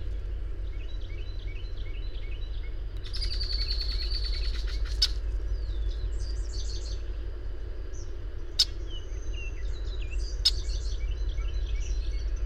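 Bird song with rapid chirps, then a steady high trill held for about two seconds, followed by more twitters and sharp clicks over low hum.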